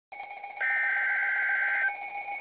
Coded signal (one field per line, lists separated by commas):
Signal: Emergency Alert System (SAME) tones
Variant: header bursts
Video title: Severe Thunderstorm Warning - EAS #272